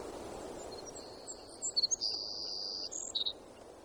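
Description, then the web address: Savannah sparrow song: a few thin high chips, then a long hissing buzz, ending in two quick sharp notes, over steady soft background hiss. Recorded in Alaska on 7 June 2018. "alaska BIRDS 20180607 Savannah"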